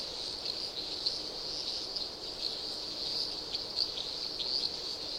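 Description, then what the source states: Crickets calling in a dense, continuous high-pitched trill that holds steady throughout, with a few brighter chirps standing out near the end. Various Australian insects calling, Australia.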